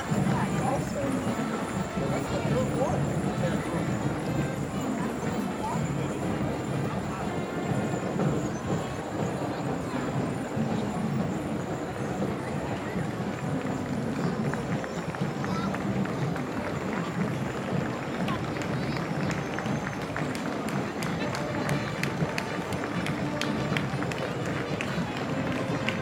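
A parade crowd on College Avenue in downtown Appleton fills the scene with a dense, steady murmur of many voices talking at once. Footsteps and scattered clicks and taps run throughout, growing busier in the last several seconds, with no pauses or quiet gaps.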